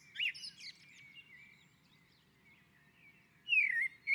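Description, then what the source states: Common blackbird song: a brief fluty phrase with high twitters, a quiet gap, then another clear whistled, descending warble near the end. On a roof.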